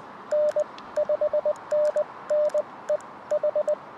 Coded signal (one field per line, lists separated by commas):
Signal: Morse code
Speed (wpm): 20 wpm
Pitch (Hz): 600 Hz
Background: radio noise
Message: N 5NN EH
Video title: POTA CW P2P Park to Park QSO 初心者CW 現実はこんな厳しさが・・マニア向け JA-1229 砧公園 2023/10/22 アマチュア無線 VLOG 336